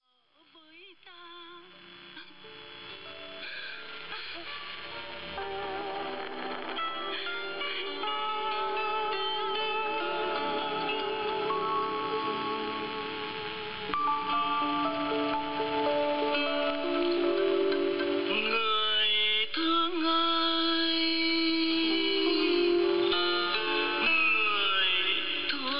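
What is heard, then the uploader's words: A sad song played over shortwave radio, with sustained, wavering sung lines and ringing chime-like tones. Sound is band-limited and thin, cut off above the upper mids, rising from near silence to a steady level with a brief dip near nineteen seconds. Laos Music (female and male singing sad song) on the shortwave radio in Luang Prabang, Laos. Music on shortwave radio.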